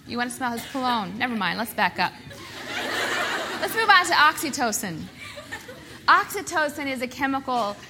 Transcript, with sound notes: you want to smell his cologne. Never mind, let’s back up. (Laughter) Let’s move on to oxytocin. Oxytocin is a chemical